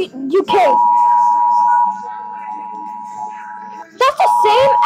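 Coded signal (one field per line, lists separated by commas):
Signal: Emergency Alert System (SAME) tones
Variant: 853 and 960 Hz attention tone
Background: speech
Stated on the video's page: Loud EAS alarms from various countries.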